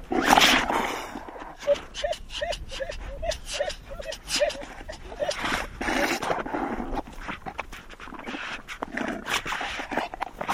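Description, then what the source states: Fur seals scuffling with rough growling bursts and a run of short, rising-falling yelps in the middle. Two fur seals fighting.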